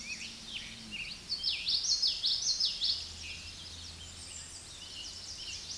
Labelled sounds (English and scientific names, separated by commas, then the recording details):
Common Yellowthroat (Geothlypis trichas) song
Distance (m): 20 m
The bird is about 15 m above the microphone
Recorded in a Pennsylvania forest on 16 May 2024 at 08:19
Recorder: AudioMoth, point MSD-2061
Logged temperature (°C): 16.1 °C
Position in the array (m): 234 m, 173 m